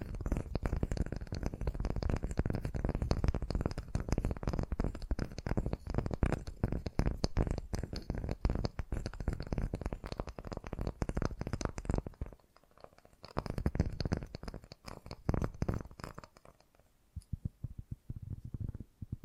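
Fast, gentle tapping runs as a dense, rapid patter of soft knocks, mostly low and muffled with a faint crisp edge. Around twelve seconds it thins briefly, then resumes, and the final two seconds turn sparser with lighter, more separated taps.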